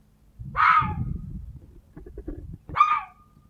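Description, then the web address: Red fox giving two harsh, hoarse barks about two seconds apart, with a low rumbling noise in the gap between them. "glos lisa"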